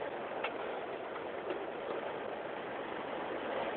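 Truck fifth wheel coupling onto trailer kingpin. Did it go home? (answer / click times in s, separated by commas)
yes / 0.4 s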